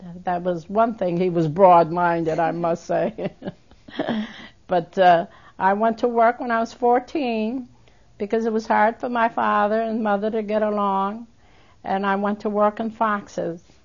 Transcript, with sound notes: That was one thing, he was broad-minded, I must say. ( she laughs ) But, uh, I went to work when I was fourteen because it was hard for my father and mother to get along, and I went to work in Fox's.